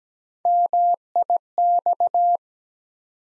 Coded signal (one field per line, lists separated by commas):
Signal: Morse code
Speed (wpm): 17 wpm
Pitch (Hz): 700 Hz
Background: none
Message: MIX